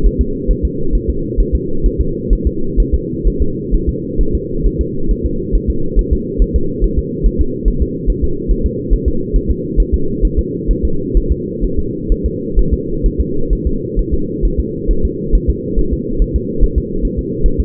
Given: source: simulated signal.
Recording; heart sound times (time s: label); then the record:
fetal heart sounds
0.06 s: S1
0.21 s: S2
0.51 s: S1
0.65 s: S2
0.95 s: S1
1.09 s: S2
1.40 s: S1
1.55 s: S2
1.86 s: S1
2.00 s: S2
2.33 s: S1
2.47 s: S2
2.80 s: S1
2.94 s: S2
3.27 s: S1
3.42 s: S2
3.75 s: S1
3.89 s: S2
4.21 s: S1
4.35 s: S2
4.66 s: S1
4.81 s: S2
5.11 s: S1
5.25 s: S2
5.55 s: S1
5.70 s: S2
5.99 s: S1
6.13 s: S2
6.42 s: S1
6.56 s: S2
6.84 s: S1
6.98 s: S2
7.26 s: S1
7.41 s: S2
7.68 s: S1
7.82 s: S2
8.10 s: S1
8.24 s: S2
8.51 s: S1
8.66 s: S2
8.94 s: S1
9.08 s: S2
9.36 s: S1
9.50 s: S2
9.80 s: S1
9.94 s: S2
10.25 s: S1
10.39 s: S2
10.71 s: S1
10.85 s: S2
11.17 s: S1
11.32 s: S2
11.64 s: S1
11.79 s: S2
12.12 s: S1
12.26 s: S2
12.59 s: S1
12.73 s: S2
13.06 s: S1
13.20 s: S2
13.53 s: S1
13.67 s: S2
13.99 s: S1
14.14 s: S2
14.45 s: S1
14.59 s: S2
14.91 s: S1
15.05 s: S2
15.35 s: S1
15.50 s: S2
15.79 s: S1
15.93 s: S2
16.22 s: S1
16.36 s: S2
16.64 s: S1
16.78 s: S2
17.05 s: S1
17.19 s: S2
17.46 s: S1
17.60 s: S2
From the record:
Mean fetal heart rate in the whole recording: 135 bpm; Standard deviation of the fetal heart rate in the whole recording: 3 bpm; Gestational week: 36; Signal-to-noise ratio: -8.1 dB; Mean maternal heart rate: 72 bpm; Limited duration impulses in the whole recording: absent